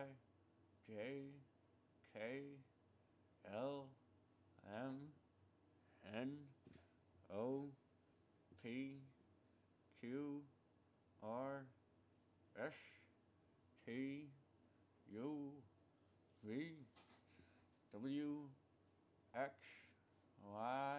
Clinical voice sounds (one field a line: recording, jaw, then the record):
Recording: letters of the alphabet, spoken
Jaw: constrained by a bite bar between the teeth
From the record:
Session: first day, right after the free take